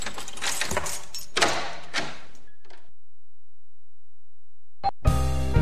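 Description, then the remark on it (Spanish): Several bright metallic jangling bursts, like a bunch of keys being shaken, followed by a silent pause, then a soft thunk and a louder sudden noise as a door opens, in a radio promo for the program Solo se trata de vivir. “Te damos las llaves para que abras las puertas de Solo se trata de vivir.”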